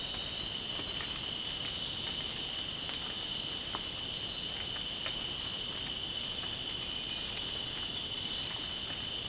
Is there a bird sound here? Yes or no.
no